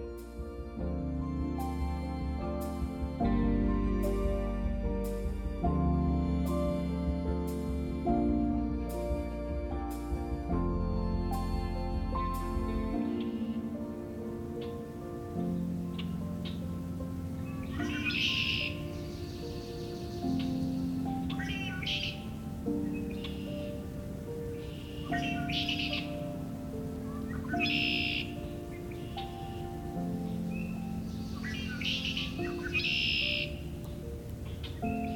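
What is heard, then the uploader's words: Red-winged Blackbirds and other birds sing in short, bright bursts that repeat every two to three seconds from about the fifteen-second mark. A steady low hum runs beneath them throughout, and the opening stretch carries deep sustained tones with regular ticking. Early Spring Songs. Today we visit Cootes Paradise in mid-March, and hear Red-winged Blackbirds, in addition to a number of other species. Recorded, engineered, narrated and created by Rob Porter.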